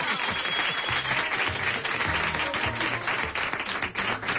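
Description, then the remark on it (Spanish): A crowd applauds Pepu Hernández, credited with making the country world basketball champions: a dense wash of many hands clapping steadily at an even, loud level for several seconds, with faint voices mixed underneath. “Un aplauso para Pepu Hernández.”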